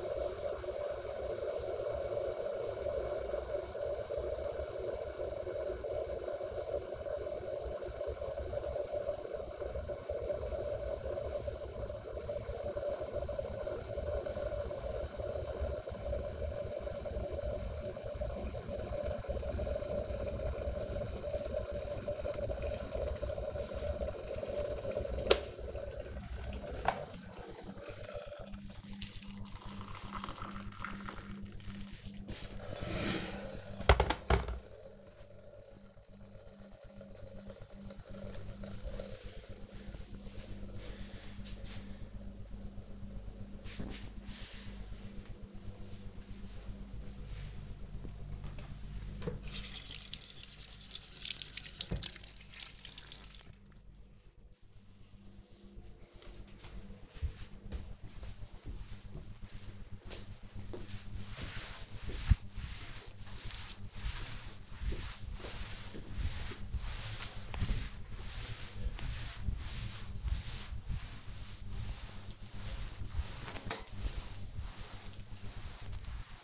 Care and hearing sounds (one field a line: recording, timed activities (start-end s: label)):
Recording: household activities, microphone on the right wrist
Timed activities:
0.00-35.51 s: making tea
49.58-76.44 s: cleaning table